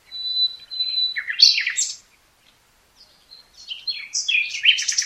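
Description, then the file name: Common nightingale singing: sustained pure whistled notes lead into a quick jumble of sharp notes, then a pause and another busy, varied phrase. "Luscinia megarhynchos"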